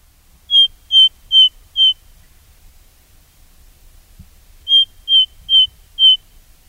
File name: Ring Ouzel